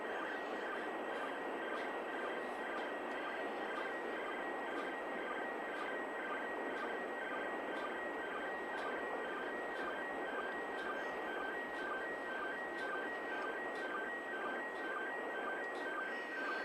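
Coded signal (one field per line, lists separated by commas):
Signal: SSTV (slow-scan television)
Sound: warbling tone buried in hiss, with regular short low blips about twice a second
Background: radio static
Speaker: of mmss tv here we go so so so so so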